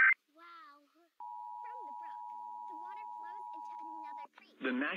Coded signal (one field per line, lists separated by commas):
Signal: Emergency Alert System (SAME) tones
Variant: 853 and 960 Hz attention tone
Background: speech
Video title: EAS during Cyberchase (September, 7, 2020) (WOSU)